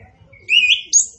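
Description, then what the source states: Orange-headed thrush song, a sustained rising whistle that jumps to a very high thin note at the end. Indonesian name anis kembang, also called punglor kembang; bird described as gacor and ngeplong.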